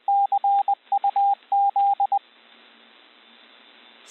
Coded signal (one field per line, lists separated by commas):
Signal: Morse code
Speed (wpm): 20 wpm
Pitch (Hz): 800 Hz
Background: radio noise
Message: CUZ